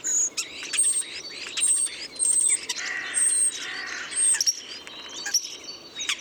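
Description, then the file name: Common starling song with repeated thin, very high whistles, mixed with clicks and scratchy chatter. Landshut, 2 March 2014. "Star 02 03 2014 Landshut LA Michle Pron"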